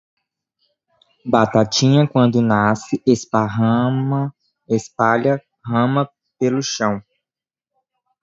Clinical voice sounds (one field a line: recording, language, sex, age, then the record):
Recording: short text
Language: Brazilian Portuguese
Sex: male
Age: 20 to 29 years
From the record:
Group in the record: control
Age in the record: 22 years